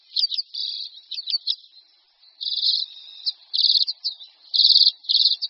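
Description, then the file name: Common redpoll calling: quick clipped chet notes first, then a run of buzzy rattling trills that come in uneven bursts. "Čečetka-zimní"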